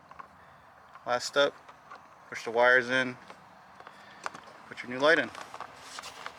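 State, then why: Seated. Someone talks while a new puddle/door projector light housing is pushed into its opening in the plastic door trim panel of a Tesla, with small handling taps along the way. A sharp little click at 6.3 s marks the light snapping into place, seated.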